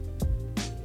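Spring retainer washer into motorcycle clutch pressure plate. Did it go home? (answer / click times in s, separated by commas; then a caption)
no / none. A spring retainer washer is handled at the new aluminium clutch pressure plate of a Ducati 959 Panigale during a clear clutch cover installation, before it is pressed in to snap into place. Over a steady low tonal background there is a brief noise near 0.2 s and a louder, bright burst at about 0.6 s. Nothing has seated or clicked yet.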